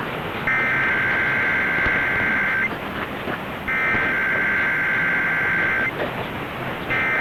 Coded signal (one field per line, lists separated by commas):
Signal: Emergency Alert System (SAME) tones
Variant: header bursts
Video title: Capital District, NY RMT on WGY (10/5/21)(EAS 941)